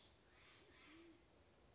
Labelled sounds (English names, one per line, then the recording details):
Band-tailed Pigeon
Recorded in Sonoma County, California